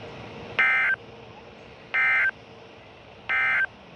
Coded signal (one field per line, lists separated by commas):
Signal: Emergency Alert System (SAME) tones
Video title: EAS/NWR Alert or message #220: Severe Thunderstorm Warning, but outdoors